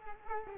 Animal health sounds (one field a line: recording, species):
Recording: mosquito wingbeat signal from an infrared sensor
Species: Culex quinquefasciatus